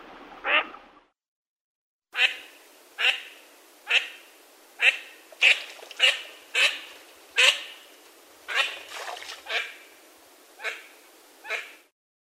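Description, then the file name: Eurasian teal calls: a single short note, a gap, then an irregular series of many short calls, roughly one every second. "Anas crecca"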